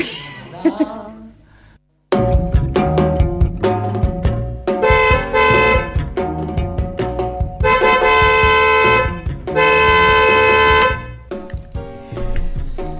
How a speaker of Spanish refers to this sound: Ahí sumándonos al bocinazo de las 21, justo a las 21 horas, ese bocinazo por Hachal. Ahí está, suena el bocinazo desde acá, desde la colectiva, acompañando a los pobladores de Hachal y de Iglesias